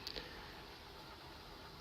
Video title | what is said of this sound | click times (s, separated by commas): How to change a Colostomy Bag… | So that's locked and loaded. | 0.1 s, 0.2 s